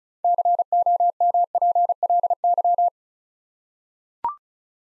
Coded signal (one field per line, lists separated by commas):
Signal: Morse code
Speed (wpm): 36 wpm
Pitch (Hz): 700 Hz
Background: none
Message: COMPLY